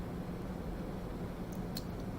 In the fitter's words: that piece didn't feel like it really snapped into place it's in there